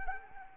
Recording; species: mosquito wingbeat signal from an infrared sensor; Anopheles arabiensis